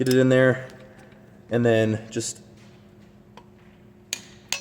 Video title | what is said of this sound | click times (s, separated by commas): How to Change the Spark Plugs and Coils in a Porsche Cayman | tighten until it clicks and then that's at 22 lbs right there so you're going to do that for all three | 4.1 s, 4.5 s